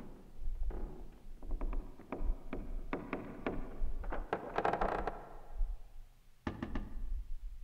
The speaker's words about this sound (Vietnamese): Đột nhiên, cái thanh gậy khiêng quan của bà cụ Dần bỗng nhiên bị gãy. Thấy ầm một tiếng, quan tài của bà cụ rơi đánh dầm một cái xuống đất.